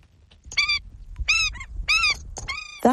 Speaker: That's the sound of the Indian skimmer, a unique orange-billed water bird.